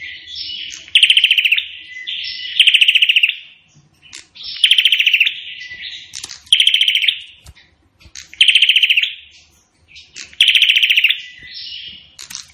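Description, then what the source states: Prinia song: rapid staccato bursts of high, sharp ticking notes, each about half a second, separated by softer buzzy phrases and repeated every couple of seconds. Bird singing energetically (gacor); song style called suara tembakan AK-47, the AK-47 gunfire sound.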